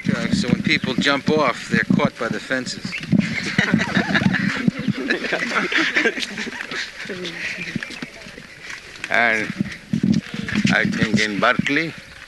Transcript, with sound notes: so when people jump off, they are caught by the fences. [laughter]
And I think in Berkeley?